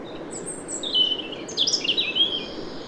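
European robin song of high, liquid whistles and fast descending twitters, each phrase different in pitch, over a quiet hiss.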